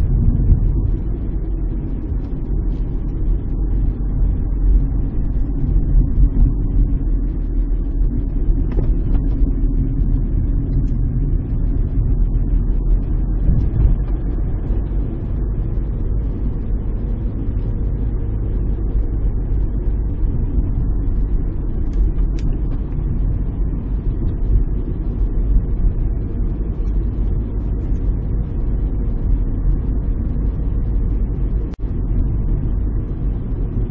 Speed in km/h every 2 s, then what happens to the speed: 35, 34, 32, 30, 31, 31, 37, 40, 39, 38, 36, 37, 38, 40, 47, 39, 39.
0-10 steady at about 31. 10-14 speeds up to 40. 14-34 steady at about 39.